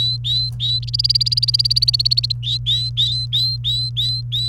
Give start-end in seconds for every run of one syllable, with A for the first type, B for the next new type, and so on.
0.00-0.79 A, 0.83-2.32 B, 2.43-4.49 A